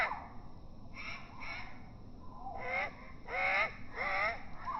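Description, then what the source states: Great tit begging calls: drawn-out, wavering, harmonic notes that bend up and down, given in a run of several calls, the later ones louder. Juvenile perched on a deck chair backrest, begging for food with trembling wings while offered soaked dried mealworms by hand; recording slowed down four times.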